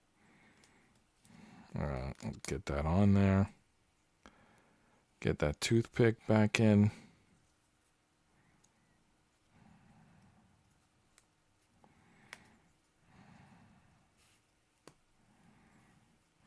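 A wooden toothpick pin is being worked back into a wooden Ugears Dream Cabriolet VM-05 mechanical model kit while someone talks early on. Soft handling noise follows with scattered small, sharp ticks, the clearest near 12.3 s and 14.9 s. The pin has not snapped or seated yet.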